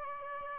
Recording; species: mosquito wingbeat signal from an infrared sensor; Aedes albopictus